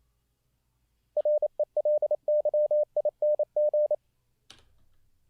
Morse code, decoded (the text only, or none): RELYING